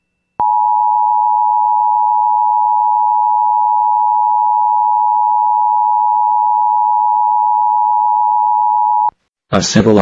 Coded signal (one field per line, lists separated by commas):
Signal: Emergency Alert System (SAME) tones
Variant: 853 and 960 Hz attention tone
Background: speech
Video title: [EAS #2093-#2110] A Week Full of Tests